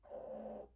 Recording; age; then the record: pig call; piglet (1 to 25 days)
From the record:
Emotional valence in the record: negative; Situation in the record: restrain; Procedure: back test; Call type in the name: low-frequency call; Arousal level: low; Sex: male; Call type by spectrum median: low-frequency call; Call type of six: low-frequency stable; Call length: 0.76 s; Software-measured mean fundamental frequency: 52 Hz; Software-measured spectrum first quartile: 390 Hz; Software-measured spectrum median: 536 Hz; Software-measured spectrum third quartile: 645 Hz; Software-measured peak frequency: 538 Hz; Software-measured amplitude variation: 167 dB a second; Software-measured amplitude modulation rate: 23.6 a second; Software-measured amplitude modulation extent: 7.1 dB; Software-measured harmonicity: 4.1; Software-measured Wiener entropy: 0.03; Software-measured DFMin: 1117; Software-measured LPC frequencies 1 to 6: 554, 1582, 2781, 4045, 5675, 6715 Hz